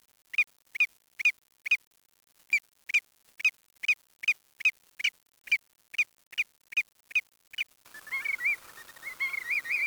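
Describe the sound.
Bird giving a series of sharp, short chirps with one brief pause, then breaking into a continuous wavering warble near the end.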